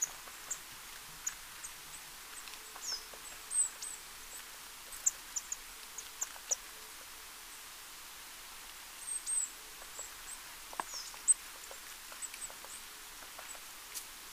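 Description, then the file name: Eurasian blue tit giving thin, very high-pitched call notes, scattered singly and in short clusters throughout, over a steady background hiss. "Cyanistes caeruleus"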